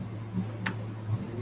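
A 3D-printed grip attachment is slid along a groove on top of a device case and pushed into place until a dimple notch locks it. A single sharp tick sounds at 0.7 s over a steady low hum, and the grip is locked onto the case.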